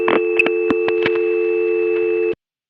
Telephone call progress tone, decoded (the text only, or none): dial tone